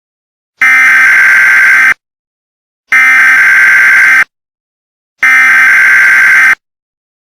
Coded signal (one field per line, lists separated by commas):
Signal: Emergency Alert System (SAME) tones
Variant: header bursts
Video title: [EAS Scenario] If the Locust Horde was REAL (PART 1)